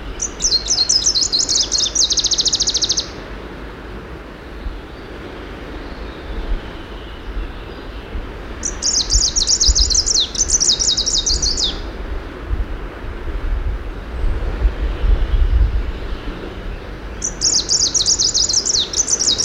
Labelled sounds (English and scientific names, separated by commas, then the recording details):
Greenish Warbler (Phylloscopus trochiloides) song
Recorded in the wild
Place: Göhren, Insel Rügen, Mecklenburg-Vorpommern, DE
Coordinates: 54.342, 13.741
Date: 1978-06-07 07:15
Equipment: Nagra III BH, Sennheiser MD 21, parabola
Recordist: Schubert, Michael